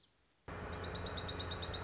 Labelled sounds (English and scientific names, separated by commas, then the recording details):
Dark-eyed Junco (Junco hyemalis)
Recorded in Sonoma County, California